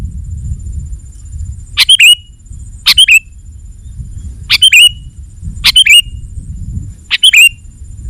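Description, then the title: Sooty-headed bulbul repeating five short, lively two-part phrases roughly every one to two seconds, with a rumbling low background and a steady faint high whine. "kutilang"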